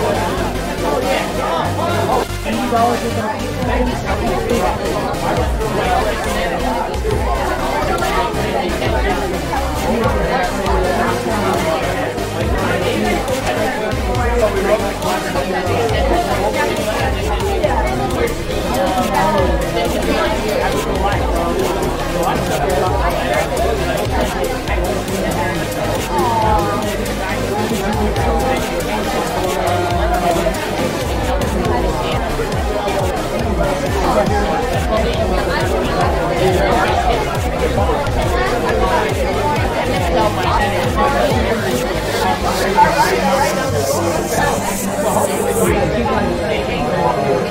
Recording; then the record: background sound without coughing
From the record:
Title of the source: Nightlife Party Simulating Party Club Noise 1 Hour